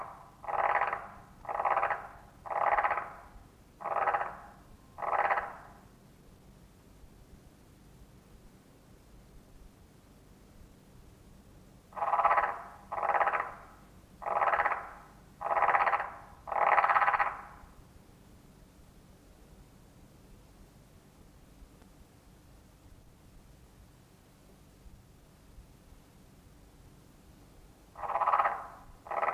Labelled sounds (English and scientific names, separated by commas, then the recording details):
Marsh Frog (Pelophylax ridibundus) call
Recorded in captivity
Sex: male
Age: adult
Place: Museum für Naturkunde Berlin, Berlin, DE
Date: 1966-04-25 22:30
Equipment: Smaragd, Grundig-Mikrofon
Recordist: Günther, Rainer